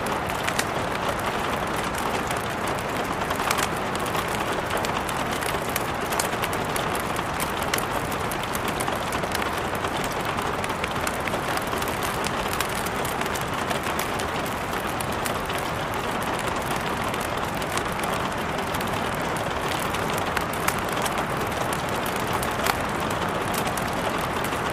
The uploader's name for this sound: Rainstorm for Sleeping or Studying feat. Crackling Fireplace